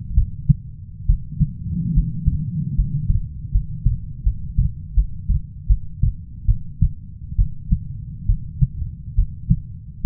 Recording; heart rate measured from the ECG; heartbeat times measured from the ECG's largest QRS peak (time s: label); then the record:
heart sounds by stethoscope; 73 bpm
0.15 s: heartbeat
1.07 s: heartbeat
1.94 s: heartbeat
2.76 s: heartbeat
3.52 s: heartbeat
4.24 s: heartbeat
4.95 s: heartbeat
5.67 s: heartbeat
6.46 s: heartbeat
7.37 s: heartbeat
8.27 s: heartbeat
9.16 s: heartbeat
10.02 s: heartbeat
From the record:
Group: healthy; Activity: rest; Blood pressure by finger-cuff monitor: 146/67 mmHg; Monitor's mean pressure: 93 mmHg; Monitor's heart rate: 68 bpm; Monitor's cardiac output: 7.5 L/min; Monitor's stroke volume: 102 mL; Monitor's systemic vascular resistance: 920 dyn s/cm5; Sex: female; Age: 37 years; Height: 168 cm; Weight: 70 kg